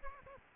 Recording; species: mosquito wingbeat signal from an infrared sensor; Aedes aegypti